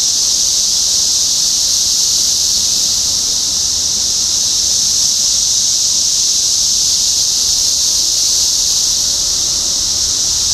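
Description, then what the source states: Cicada chorus: a continuous, even, high-pitched buzzing drone that never pauses, with nothing else standing out. Several cicadas recorded in Topeka, Kansas, on 14 June 2015.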